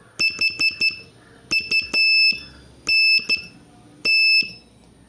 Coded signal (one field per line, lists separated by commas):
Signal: Morse code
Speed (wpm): 13 wpm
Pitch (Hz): 2650 Hz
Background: none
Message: HUNT